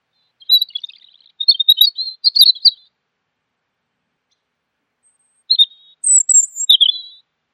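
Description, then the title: Bird twittering in two bursts of quick, chirpy, high notes, the first lasting about two seconds, the second shorter after a pause. Masteran training recording. "LuckyBurung MasteranBest"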